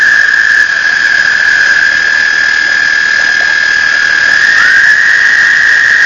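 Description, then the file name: Toads trilling continuously on one high, steady pitch, with a second trill rising in and overlapping during the last two seconds. Recorded 1 May 2007. "batesline toads"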